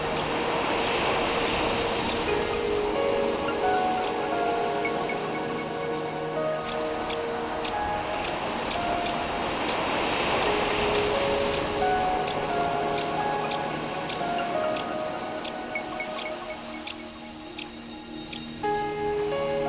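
A steady rush of waves fills the whole clip, swelling near the start and again around ten seconds. Over it, clear bell tones ring out one after another at varied pitches, often overlapping, with faint sharp ticks scattered throughout.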